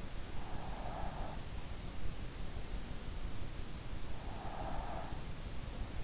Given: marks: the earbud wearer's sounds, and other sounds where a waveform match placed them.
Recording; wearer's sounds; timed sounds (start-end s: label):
sounds in sleep by an in-ear microphone; breath
0.17-1.48 s: breath
4.20-5.45 s: breath